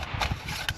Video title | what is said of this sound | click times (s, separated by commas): St Catherines Hill, Christchurch, Dorset on a beautiful March Day | This is the base cover, spins round, locks into place. | 0.7 s